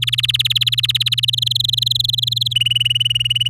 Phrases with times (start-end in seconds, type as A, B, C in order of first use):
0.02-1.25 A, 1.28-2.53 B, 2.55-3.48 C